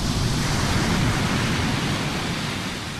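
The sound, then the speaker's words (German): A steady, unbroken rush of ocean surf, a dense hiss over a deeper rumbling roar that eases slightly toward the end, with no voices. “Wellen gibt es fast überall. In manchen Regionen der Erde ist das Meer das ganze Jahr in Bewegung.”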